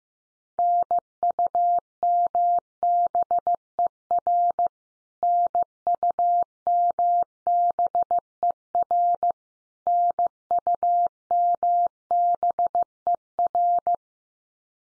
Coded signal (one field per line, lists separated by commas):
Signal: Morse code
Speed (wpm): 15 wpm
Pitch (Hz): 700 Hz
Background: none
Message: NUMBER NUMBER NUMBER